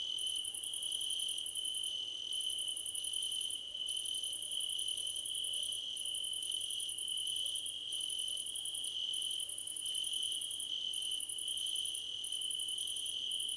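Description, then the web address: Cricket chorus with a constant high ringing trill and rhythmic bursts of fast pulsed chirps, several insects calling together throughout. Several crickets chirping together, described as a choir competition. "audio crickets choir competition"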